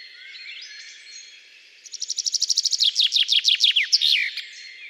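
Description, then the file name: Common chaffinch song, a cascading run of sharp notes falling in pitch over about two and a half seconds, finishing with a terminal flourish, faint birds behind. "Fringilla coelebs"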